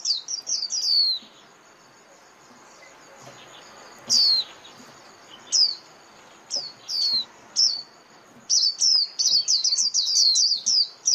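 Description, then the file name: White-eye calling: a short twittering burst, scattered single high falling notes, then a fast closing run of thin chirps. Lure call used for trapping white-eyes, known as mồi. "Tieng khuyen moi"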